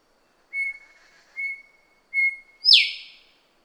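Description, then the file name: Javan green magpie calling with three short, level, pure whistles, then a louder harsh note that drops in pitch. "suara burung cissa thalassina ekek keling"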